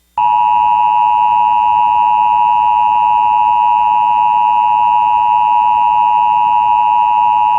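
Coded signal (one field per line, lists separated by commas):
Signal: Emergency Alert System (SAME) tones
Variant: 853 and 960 Hz attention tone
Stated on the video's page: Recreated mock Flash Flood Warning relayed via EMNet on a fictional cable system, using an MHz Star-8 / VDS 840 alert screen.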